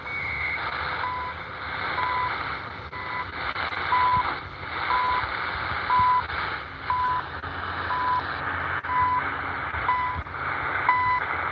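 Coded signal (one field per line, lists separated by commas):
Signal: none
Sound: truck reversing beeps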